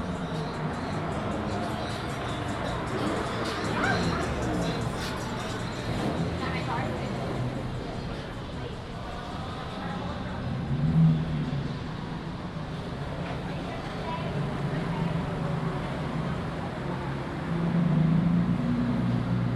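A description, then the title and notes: City street at evening, with steady low traffic rumble, passing cars, and scattered voices of people, louder around eleven and eighteen seconds. This binaural audio recording captures a Saturday-evening stroll down Orange Avenue and Church Street in Orlando, Florida during the pandemic.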